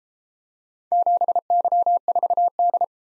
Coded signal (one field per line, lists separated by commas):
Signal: Morse code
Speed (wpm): 31 wpm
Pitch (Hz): 700 Hz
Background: none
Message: 7Y4D